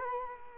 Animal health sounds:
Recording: mosquito wingbeat signal from an infrared sensor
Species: Culex quinquefasciatus

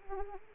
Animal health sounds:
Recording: mosquito wingbeat signal from an infrared sensor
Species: Anopheles arabiensis

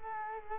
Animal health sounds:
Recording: mosquito wingbeat signal from an infrared sensor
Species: Culex quinquefasciatus

